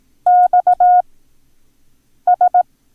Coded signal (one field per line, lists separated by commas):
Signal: Morse code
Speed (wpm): 18 wpm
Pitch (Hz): 720 Hz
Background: none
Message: XS